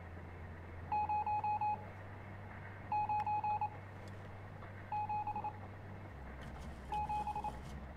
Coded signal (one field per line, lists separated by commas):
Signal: Morse code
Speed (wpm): 28 wpm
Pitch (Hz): 840 Hz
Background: none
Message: 0977